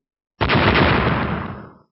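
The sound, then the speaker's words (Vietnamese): A single loud, booming blast bursts in abruptly, its broad rumbling roar sustained for over a second before fading away. No voices are present. “Những nơi quyền phong đi qua, hư không phụ cận lại phát ra tiếng nổ đi đùng.”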